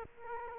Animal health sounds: mosquito wingbeat signal from an infrared sensor; Culex quinquefasciatus

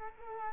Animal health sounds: mosquito wingbeat signal from an infrared sensor; Culex quinquefasciatus

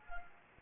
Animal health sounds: mosquito wingbeat signal from an infrared sensor; Anopheles gambiae

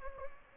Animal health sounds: mosquito wingbeat signal from an infrared sensor; Anopheles gambiae

